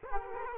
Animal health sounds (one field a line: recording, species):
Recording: mosquito wingbeat signal from an infrared sensor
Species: Culex quinquefasciatus